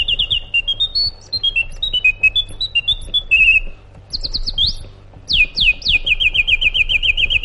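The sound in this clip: Sooty-headed bulbul singing bright whistled notes that wander up and down, followed by quick downslurred notes and a rapid repeated trill, with steady low background hum.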